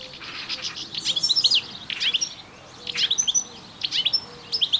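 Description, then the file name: Melodious warbler song: short groups of rapid high chirps and twitters, repeated roughly every second with brief gaps. Recorded in a garden on 25 June 2017. "Orpheusspötter 2017 06 25 Garten"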